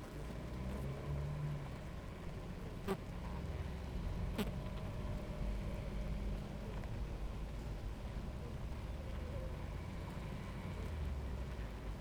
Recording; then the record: honeybee colony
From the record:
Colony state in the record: active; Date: 28 July 2017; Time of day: 10:48